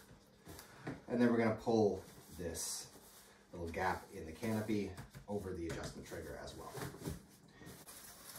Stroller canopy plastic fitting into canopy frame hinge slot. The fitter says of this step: pull it down we'll snap into place on both sides